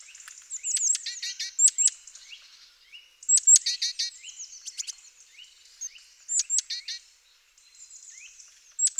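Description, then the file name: Great tit calls, bursts of sharp high ticking and chattering notes in clusters around the first, fourth and seventh seconds, with fainter bird twittering between. "Parus major"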